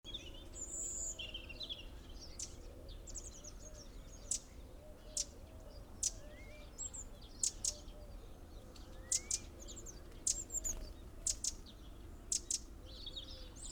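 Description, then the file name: Eurasian wren calls: sharp, dry ticking notes given singly or in quick pairs at irregular intervals, over a steady low hum. "Troglodytes troglodytes"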